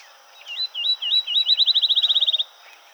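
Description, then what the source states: Field sparrow singing one full song, spaced slurred whistled notes accelerating into a fast even trill before stopping abruptly, over a faint steady background hiss. Recorded on 7 July 2007.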